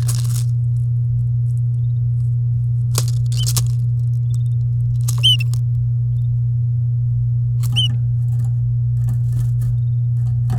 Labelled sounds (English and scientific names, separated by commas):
Domestic Canary (Serinus canaria) song